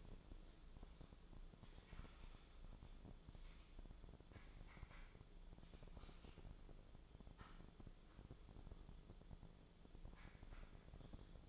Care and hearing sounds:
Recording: daily activity, microphone in the room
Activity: typing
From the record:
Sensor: 5

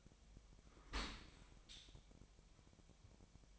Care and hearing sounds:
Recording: daily activity, microphone in the room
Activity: open dishwasher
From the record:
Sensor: 1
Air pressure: 1006.7 hPa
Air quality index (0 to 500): 208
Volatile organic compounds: 24 ppm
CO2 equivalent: 2809 ppm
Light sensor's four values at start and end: 12/32/12/14 and 12/32/12/14

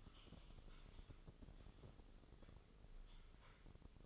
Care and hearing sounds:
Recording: daily activity, microphone in the room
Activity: typing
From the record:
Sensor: 4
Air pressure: 996.0 hPa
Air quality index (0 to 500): 64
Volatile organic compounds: 2 ppm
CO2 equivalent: 1142 ppm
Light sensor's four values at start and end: 14/40/14/15 and 14/39/14/15

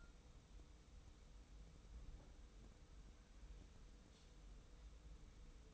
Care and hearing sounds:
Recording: daily activity, microphone in the room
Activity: wipe stove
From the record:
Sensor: 1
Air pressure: 990.5 hPa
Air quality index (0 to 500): 167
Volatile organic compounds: 1000 ppm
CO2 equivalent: 6111 ppm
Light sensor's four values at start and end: 32/74/31/34 and 32/74/31/34

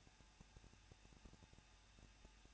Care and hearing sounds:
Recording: daily activity, microphone in the room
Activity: no activity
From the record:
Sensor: 2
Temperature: 21.0 degrees Celsius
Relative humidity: 37.4%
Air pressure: 1006.2 hPa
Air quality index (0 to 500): 221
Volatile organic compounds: 24 ppm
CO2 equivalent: 2801 ppm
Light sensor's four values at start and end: 2/3/2/2 and 2/3/2/2

